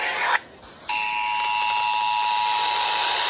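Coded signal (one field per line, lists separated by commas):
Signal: Emergency Alert System (SAME) tones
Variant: 853 and 960 Hz attention tone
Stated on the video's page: Real Severe Thunderstorm and Special Marine Warnings received on NOAA Weather Radio 162.550 and 162.425 MHz, FM radio, TV, and a state EAS relay network on 155.475 MHz.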